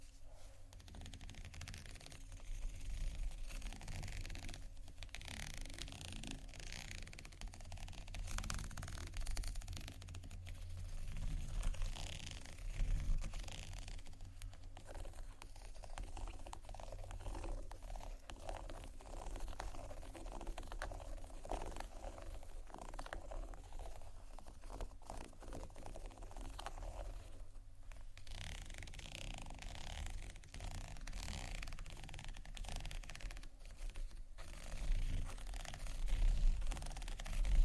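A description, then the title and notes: Textured bags are tapped and scratched in a dense, steady rustle, with sharper taps around 5, 12, 15 and 28 seconds over a low rumble. ASMR TEXTURED BAGS TAP & SCRATCH (No Talking).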